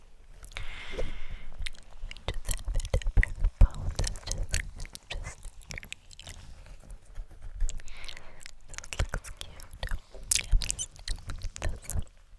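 Wet jelly sounds: squishy clicks, smacks and sticky snaps arrive in dense, irregular bursts through the whole stretch, with a soft low rumble underneath. Faint breathy whispering drifts in briefly near the start and again around the eighth second.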